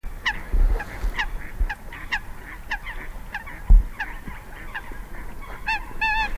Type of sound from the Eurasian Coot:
call